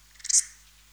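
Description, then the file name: Steropleurus ortegai song: a short, very high-pitched burst of a few quick pulses that swell into one bright, dry chirp, then quiet. "Steropleurus ortegai"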